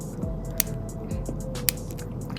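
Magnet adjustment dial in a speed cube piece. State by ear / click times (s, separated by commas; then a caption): seated / 0.6 s, 1.7 s. The flat tip of a black plastic tool sits in the small hole of the magnet adjustment dial on a Moyu WRM 2021 speed cube piece and is turned clockwise over soft background music. Two sharp clicks ring out at 0.6 s and 1.7 s, each one the adjuster clicking into its next detent setting.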